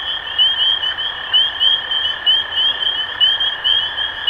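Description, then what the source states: Spring peepers in chorus, clear upslurred peeps about once a second above a constant high ringing and a steady lower tone. Recorded 23 March 2012.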